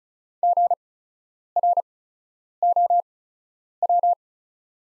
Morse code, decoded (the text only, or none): GROW